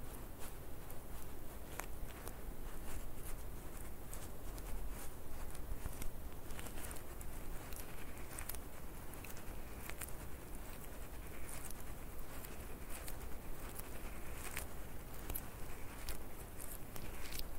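Squishy stress balls are squeezed and handled, giving a dense, steady run of soft crackles and sharp little clicks that come every fraction of a second for the whole clip. A low, constant rumble sits underneath, and the overall loudness barely changes.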